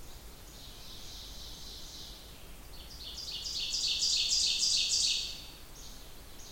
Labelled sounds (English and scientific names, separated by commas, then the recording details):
Ovenbird (Seiurus aurocapilla) song
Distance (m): 30 m
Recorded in boreal forest in Alberta, Canada, on 28 June 2016 at 08:48
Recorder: SongMeter 3, array SBT-6-79
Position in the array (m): 9 m, 111 m
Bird 40